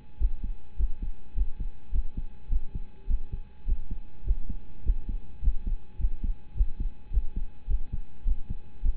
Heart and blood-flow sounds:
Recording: heart sounds by stethoscope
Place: between the tricuspid and mitral areas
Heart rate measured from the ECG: 104 bpm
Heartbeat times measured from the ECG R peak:
0.17 s: heartbeat
0.76 s: heartbeat
1.34 s: heartbeat
1.91 s: heartbeat
2.48 s: heartbeat
3.07 s: heartbeat
3.65 s: heartbeat
4.23 s: heartbeat
4.82 s: heartbeat
5.40 s: heartbeat
5.97 s: heartbeat
6.54 s: heartbeat
7.10 s: heartbeat
7.67 s: heartbeat
8.24 s: heartbeat
8.82 s: heartbeat
From the record:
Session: rest, lying down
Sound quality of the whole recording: partially saturated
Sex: male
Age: 25 years

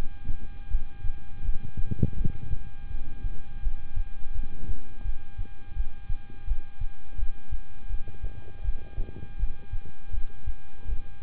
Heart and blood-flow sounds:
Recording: heart sounds by stethoscope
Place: between the tricuspid and mitral areas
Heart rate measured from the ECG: 83 bpm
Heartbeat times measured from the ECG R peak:
0.68 s: heartbeat
1.42 s: heartbeat
2.14 s: heartbeat
2.88 s: heartbeat
3.61 s: heartbeat
4.33 s: heartbeat
5.03 s: heartbeat
5.74 s: heartbeat
6.45 s: heartbeat
7.16 s: heartbeat
7.88 s: heartbeat
8.62 s: heartbeat
9.37 s: heartbeat
10.11 s: heartbeat
10.86 s: heartbeat
From the record:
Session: rest, lying down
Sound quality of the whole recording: good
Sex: male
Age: 26 years

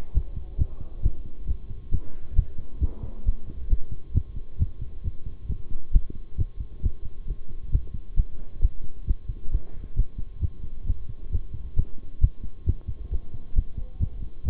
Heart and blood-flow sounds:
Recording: heart sounds by stethoscope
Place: between the tricuspid and mitral areas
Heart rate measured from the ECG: 134 bpm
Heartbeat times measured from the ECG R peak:
0.14 s: heartbeat
0.58 s: heartbeat
1.03 s: heartbeat
1.47 s: heartbeat
1.91 s: heartbeat
2.36 s: heartbeat
2.81 s: heartbeat
3.25 s: heartbeat
3.70 s: heartbeat
4.14 s: heartbeat
4.59 s: heartbeat
5.04 s: heartbeat
5.48 s: heartbeat
5.93 s: heartbeat
6.38 s: heartbeat
6.83 s: heartbeat
7.28 s: heartbeat
7.72 s: heartbeat
8.17 s: heartbeat
8.62 s: heartbeat
9.07 s: heartbeat
9.52 s: heartbeat
9.96 s: heartbeat
10.41 s: heartbeat
10.87 s: heartbeat
11.32 s: heartbeat
11.76 s: heartbeat
12.21 s: heartbeat
12.66 s: heartbeat
13.11 s: heartbeat
13.56 s: heartbeat
14.00 s: heartbeat
14.45 s: heartbeat
From the record:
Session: bicycle stress test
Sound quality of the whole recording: good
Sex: male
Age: 23 years

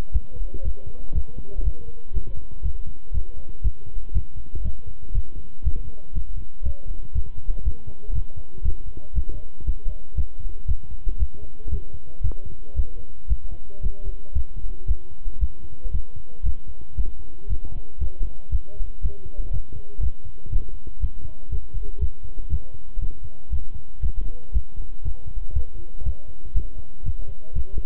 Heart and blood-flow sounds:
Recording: heart sounds by stethoscope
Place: between the tricuspid and mitral areas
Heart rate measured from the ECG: 118 bpm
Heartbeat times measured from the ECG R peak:
0.13 s: heartbeat
0.64 s: heartbeat
1.14 s: heartbeat
1.65 s: heartbeat
2.15 s: heartbeat
2.64 s: heartbeat
3.14 s: heartbeat
3.64 s: heartbeat
4.14 s: heartbeat
4.64 s: heartbeat
5.14 s: heartbeat
5.64 s: heartbeat
6.15 s: heartbeat
6.65 s: heartbeat
7.15 s: heartbeat
7.65 s: heartbeat
8.14 s: heartbeat
8.64 s: heartbeat
9.15 s: heartbeat
9.66 s: heartbeat
10.17 s: heartbeat
10.68 s: heartbeat
11.19 s: heartbeat
11.71 s: heartbeat
12.23 s: heartbeat
12.76 s: heartbeat
13.29 s: heartbeat
13.83 s: heartbeat
14.35 s: heartbeat
14.88 s: heartbeat
15.41 s: heartbeat
15.93 s: heartbeat
16.45 s: heartbeat
16.97 s: heartbeat
17.49 s: heartbeat
18.00 s: heartbeat
18.51 s: heartbeat
19.03 s: heartbeat
19.53 s: heartbeat
20.02 s: heartbeat
20.52 s: heartbeat
21.02 s: heartbeat
21.51 s: heartbeat
22.01 s: heartbeat
22.51 s: heartbeat
23.01 s: heartbeat
23.52 s: heartbeat
24.02 s: heartbeat
24.54 s: heartbeat
25.04 s: heartbeat
25.55 s: heartbeat
26.05 s: heartbeat
26.55 s: heartbeat
27.05 s: heartbeat
27.55 s: heartbeat
From the record:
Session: walking at 3.7 km/h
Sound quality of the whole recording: good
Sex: male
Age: 25 years

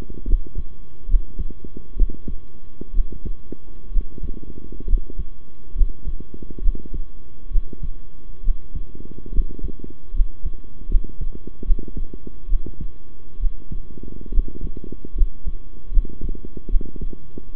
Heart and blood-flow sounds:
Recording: heart sounds by stethoscope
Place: between the tricuspid and mitral areas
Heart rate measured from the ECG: 69 bpm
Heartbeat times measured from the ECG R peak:
0.27 s: heartbeat
1.08 s: heartbeat
1.96 s: heartbeat
2.93 s: heartbeat
3.91 s: heartbeat
4.87 s: heartbeat
5.75 s: heartbeat
6.61 s: heartbeat
7.50 s: heartbeat
8.43 s: heartbeat
9.32 s: heartbeat
10.13 s: heartbeat
10.88 s: heartbeat
11.64 s: heartbeat
12.48 s: heartbeat
13.39 s: heartbeat
14.31 s: heartbeat
15.15 s: heartbeat
15.91 s: heartbeat
16.69 s: heartbeat
17.54 s: heartbeat
From the record:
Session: rest, sitting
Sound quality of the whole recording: good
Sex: male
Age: 23 years

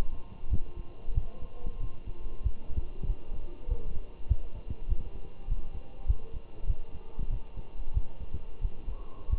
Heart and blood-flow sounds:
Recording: heart sounds by stethoscope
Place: between the tricuspid and mitral areas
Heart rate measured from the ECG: 95 bpm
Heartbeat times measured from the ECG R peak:
0.50 s: heartbeat
1.15 s: heartbeat
1.81 s: heartbeat
2.44 s: heartbeat
3.07 s: heartbeat
3.69 s: heartbeat
4.29 s: heartbeat
4.89 s: heartbeat
5.48 s: heartbeat
6.07 s: heartbeat
6.68 s: heartbeat
7.31 s: heartbeat
7.94 s: heartbeat
8.62 s: heartbeat
9.30 s: heartbeat
From the record:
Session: walking at 3.7 km/h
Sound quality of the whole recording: good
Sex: male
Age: 23 years

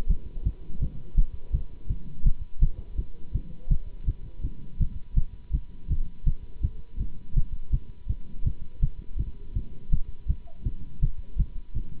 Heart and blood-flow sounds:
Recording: heart sounds by stethoscope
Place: between the tricuspid and mitral areas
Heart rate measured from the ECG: 165 bpm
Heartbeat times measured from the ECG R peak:
0.09 s: heartbeat
0.44 s: heartbeat
0.80 s: heartbeat
1.16 s: heartbeat
1.52 s: heartbeat
1.88 s: heartbeat
2.25 s: heartbeat
2.61 s: heartbeat
2.97 s: heartbeat
3.33 s: heartbeat
3.70 s: heartbeat
4.06 s: heartbeat
4.43 s: heartbeat
4.79 s: heartbeat
5.16 s: heartbeat
5.52 s: heartbeat
5.89 s: heartbeat
6.25 s: heartbeat
6.62 s: heartbeat
6.99 s: heartbeat
7.35 s: heartbeat
7.72 s: heartbeat
8.08 s: heartbeat
8.45 s: heartbeat
8.81 s: heartbeat
9.18 s: heartbeat
9.54 s: heartbeat
9.91 s: heartbeat
10.28 s: heartbeat
10.64 s: heartbeat
11.01 s: heartbeat
11.38 s: heartbeat
11.75 s: heartbeat
From the record:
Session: Bruce protocol treadmill stress test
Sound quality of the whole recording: good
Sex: male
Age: 24 years

